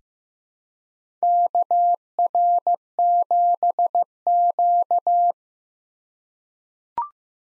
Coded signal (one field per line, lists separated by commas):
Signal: Morse code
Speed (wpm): 15 wpm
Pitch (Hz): 700 Hz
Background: none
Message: KR7Q